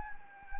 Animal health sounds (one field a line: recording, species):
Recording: mosquito wingbeat signal from an infrared sensor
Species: Anopheles gambiae